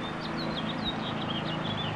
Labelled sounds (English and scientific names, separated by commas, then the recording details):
House Finch (Haemorhous mexicanus) song
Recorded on Long Island, New York, on 21 April 2011
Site PW
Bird A